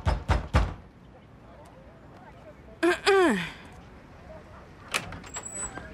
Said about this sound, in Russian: Блондинка стучит в двери номера.